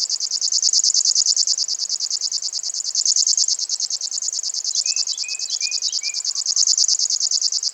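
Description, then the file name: River warbler singing a continuous rhythmic buzzing of rapid pulses, while another bird adds several short, thin notes partway through. "Rechnoj sverchok"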